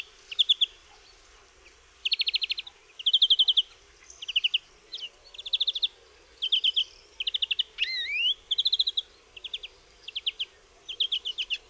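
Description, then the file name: European greenfinch song: repeated short dry trills and twittering phrases, with one loud buzzy rising wheeze midway through. "DZWONIEC"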